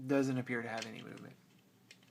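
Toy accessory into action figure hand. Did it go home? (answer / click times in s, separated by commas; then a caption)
no / none. Someone talks while putting a plastic accessory into the hand of a Takara Transformers Masterpiece MP-22 Ultra Magnus action figure, where a small tab is meant to lock it into place. After the talking, faint handling ticks are heard around 1.9 s and 2.0 s, but nothing has seated or clicked yet.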